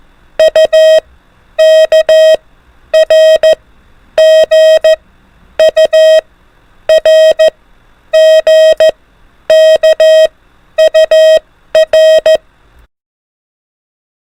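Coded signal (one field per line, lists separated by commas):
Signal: Morse code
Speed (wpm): 14 wpm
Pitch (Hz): 630 Hz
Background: none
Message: UKRGURGKUR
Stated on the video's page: Alphabet-only Morse code practice at an increased speed of 24 wpm for advanced learners.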